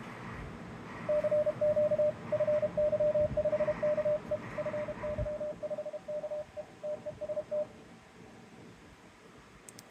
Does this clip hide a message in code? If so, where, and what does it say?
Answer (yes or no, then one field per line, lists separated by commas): yes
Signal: Morse code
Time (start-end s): 1.1-7.6 s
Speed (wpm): 30 wpm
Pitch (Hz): 600 Hz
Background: radio noise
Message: CQ FY5KE FY5KE TEST